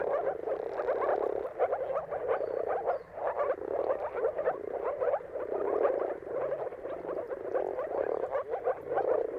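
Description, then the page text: Moor frogs in dense chorus, soft hollow gurgles tumbling over one another in waves that swell and ease. Chorus of moor frogs giving mating calls at sunrise, turn of March and April, timing depending on the weather. "Jakub-Orzecki moor frogs. Dawn’s Chorus: Mating Calls of Marsh Frogs at Sunrise. Depending on the weather at the turn of March and April, you can witness an amazing spectacle of moor frogs"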